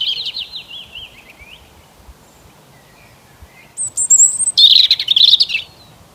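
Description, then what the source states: Bird songs, a falling trilled series first, then after a lull a very high thin whistle and a loud burst of rapid chattering notes. Bird song on an early spring morning.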